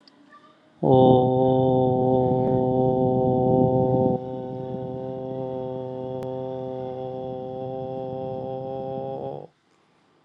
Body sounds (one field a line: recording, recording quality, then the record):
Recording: sustained vowel as in boot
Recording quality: moderate, slight background noise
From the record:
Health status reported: healthy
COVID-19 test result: not tested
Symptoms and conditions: none ticked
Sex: male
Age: 42 years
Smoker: not ticked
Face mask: not worn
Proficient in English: yes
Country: India